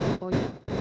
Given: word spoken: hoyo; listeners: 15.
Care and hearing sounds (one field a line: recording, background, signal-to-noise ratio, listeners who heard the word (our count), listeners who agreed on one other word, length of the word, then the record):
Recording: one Spanish word in noise, from a listening test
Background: noise modulated by one talker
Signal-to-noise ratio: -7.3 dB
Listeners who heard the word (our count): 0 of 15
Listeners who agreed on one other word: 8 of 15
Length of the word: 0.41 s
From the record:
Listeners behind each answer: 8, 3, 2, 1, 1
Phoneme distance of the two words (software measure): 10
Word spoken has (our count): 2 syllables, 3 phonemes, stress on syllable 1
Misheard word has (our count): 2 syllables, 3 phonemes, stress on syllable 1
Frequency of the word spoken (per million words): 5.95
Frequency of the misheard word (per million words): 9.21